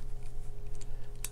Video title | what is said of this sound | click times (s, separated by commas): SHOWDOWN! Gillette Fusion Proglide vs Feather F3 Razor | drop the blade in it locks in place it's | 1.2 s